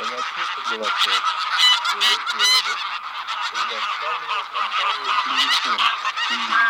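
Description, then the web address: Greylag goose honking, many loud nasal calls overlapping continuously, a flock calling together with dense harsh notes throughout. "Гусь серый Oca Selvatica"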